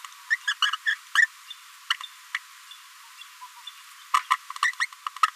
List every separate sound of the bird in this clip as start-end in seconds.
0.30-0.36, 0.47-0.54, 0.61-0.77, 0.85-0.96, 1.14-1.28, 1.50-1.53, 1.90-1.96, 2.34-2.39, 3.43-3.45, 3.67-3.71, 4.13-4.22, 4.30-4.37, 4.62-4.74, 4.79-4.87, 5.22-5.30